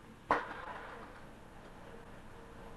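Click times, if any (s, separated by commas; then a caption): 0.3 s. An item is inserted into a Sawgrass inkjet printer to release the print head carriage from its capping station. A single sharp click sounds at 0.3 s over a quiet steady background. The print head is no longer capped and has released, so it can be moved across the printer.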